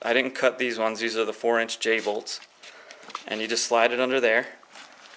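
A steel mending plate on a cargo accessory is slid under the 4-inch J bolts of a bike rack toward a neodymium cup magnet mount while someone talks, with a few brief handling clicks around 2.9 and 3.1 seconds. Nothing has seated or clicked into the magnet yet.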